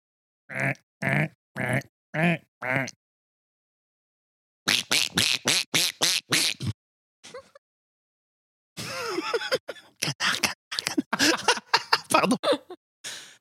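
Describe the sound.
A person imitates a duck as a requested sound effect, with bursts of nasal, grunting quacks, first four evenly spaced, then a rapid run of them, and later a longer, more chaotic string of loud quacking noises.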